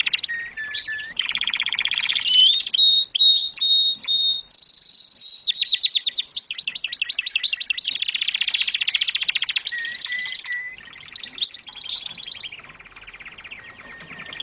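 Canary delivering a varied song of clicks, rapid rolls, sweeping warbles and short whistled notes, changing pattern every second or two.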